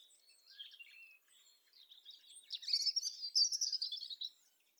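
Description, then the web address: European robin song starts soft with quiet high warbles, then swells into a brighter run of sweet, rapid, very high twittering notes. "SETE data Erithacus rubecula"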